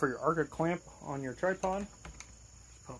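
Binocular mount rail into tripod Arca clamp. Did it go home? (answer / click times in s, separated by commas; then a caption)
yes / 2.2 s. Someone talks while a binocular mount's Arca-style rail is pushed into the Arca clamp on a tripod. A single sharp click is heard at 2.2 s as the mount snaps into the clamp and seats.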